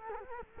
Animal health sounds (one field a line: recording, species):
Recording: mosquito wingbeat signal from an infrared sensor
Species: Culex quinquefasciatus